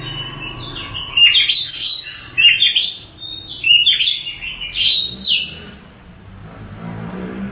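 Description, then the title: Oriental magpie-robin song: varied whistled and chattering phrases in short bursts. "Kacer"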